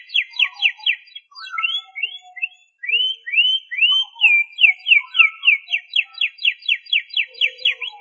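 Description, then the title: Canary delivering rapid chirp tours, short rising whistles after a gap, then a long run of evenly repeated high notes. "Suara Kenari"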